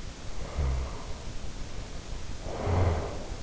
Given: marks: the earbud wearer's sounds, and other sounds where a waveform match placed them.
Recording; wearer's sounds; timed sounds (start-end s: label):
sounds in sleep by an in-ear microphone; snoring breath
0.37-3.39 s: snoring breath